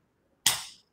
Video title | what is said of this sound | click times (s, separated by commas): ALLERGY & ANAPHYLAXIS IN BABIES AND CHILDREN | you can go through clothing as i said so we're just going to press here until you hear a click | 0.5 s